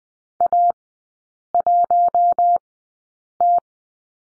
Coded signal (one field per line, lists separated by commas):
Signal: Morse code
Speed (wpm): 20 wpm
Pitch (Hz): 700 Hz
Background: none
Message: A1T